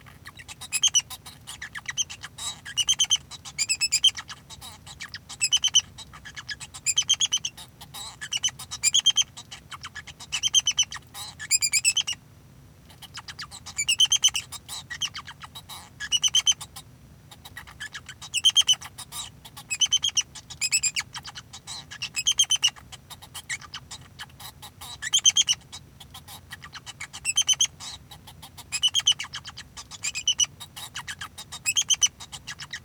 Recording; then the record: song of a male Bengalese finch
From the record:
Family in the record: son of father 2